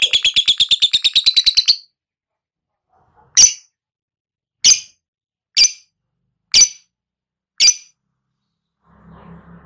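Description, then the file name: Lovebird chattering trill lasting under two seconds, followed by five separate sharp high squeaks at roughly one-second intervals, then a faint low hum. Lovebird recording of ngekek trilling, described as auto gacor. "suara burung lovebird ngekek auto gacor"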